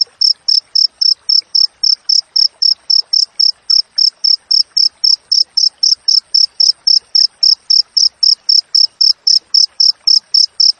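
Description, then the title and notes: Cricket chirping continuously, sharp high pulses repeated evenly about four times a second, strong and uninterrupted. Wild cricket with clear, closely spaced chirps, used as tutor audio for training songbirds and to repel rats. "Masteran Jangkrik Alam Jernih, Jeda Rapat Cocok Untuk Masteran Burung Dan Mengusir Tikus. suara jangkrik"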